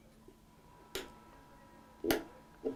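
A prosthetic liner pin ratchets into a socket pin lock, giving three sharp clicks at 0.9, 2.1 and 2.7 seconds against a faint steady hum. After three clicks the lock holds well enough to stand and walk on, though the pin is not yet fully engaged.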